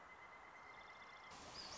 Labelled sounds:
Pileated Woodpecker (Dryocopus pileatus)
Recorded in Sonoma County, California

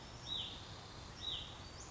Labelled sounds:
Hutton's Vireo (Vireo huttoni)
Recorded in Sonoma County, California

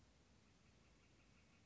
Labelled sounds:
Northern Flicker (Colaptes auratus)
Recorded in Sonoma County, California

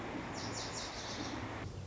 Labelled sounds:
Lazuli Bunting (Passerina amoena)
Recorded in Sonoma County, California

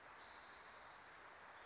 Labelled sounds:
Spotted Towhee (Pipilo maculatus)
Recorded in Sonoma County, California

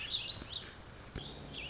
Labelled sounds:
Warbling Vireo (Vireo gilvus)
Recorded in Sonoma County, California

